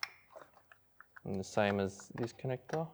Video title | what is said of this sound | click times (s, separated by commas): How to Install the MoTeC M1 Plugin ECU Kit for the EVO-X | so just slide them on push the black tab up until it clicks | 0.0 s